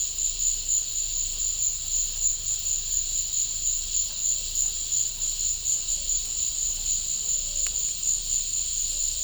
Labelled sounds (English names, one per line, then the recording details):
none
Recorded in pastures near Puerto Asís, Putumayo, Colombia, on 18 December 2024 at 14:30
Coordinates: 0.496, -76.326
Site G004